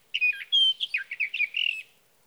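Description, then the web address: Sage thrasher song, a quick burst of jumbled warbling notes, some clear whistles and some burry, lasting under two seconds on a quiet background. "birdsongforthecurious Sage Thrasher"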